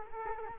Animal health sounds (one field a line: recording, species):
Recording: mosquito wingbeat signal from an infrared sensor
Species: Culex quinquefasciatus